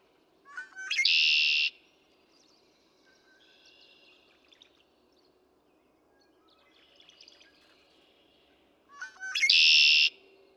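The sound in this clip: Red-winged Blackbird song: two bursts, each of short rising intro notes ending in a harsh buzzy trill, about eight seconds apart, with faint chirps between.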